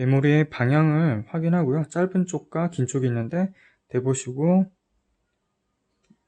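Someone talks while a RAM module for an Acer Aspire 5 A515-44 (4500U) laptop is lined up by its notch with the SO-DIMM slot and inserted at a slight angle, ready to be pressed down to latch. Speech fills the first 4.7 seconds, followed by near silence and a faint, brief tick at about 6.1 s. The module has not yet been pressed down, and nothing has seated or clicked.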